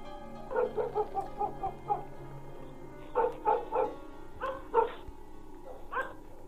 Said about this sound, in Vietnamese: Ngoài kia, gió vẫn thổi, mấy con chó bẹc dê của ông ấy vẫn cứ cắn nhấm nha nhấm nhặng.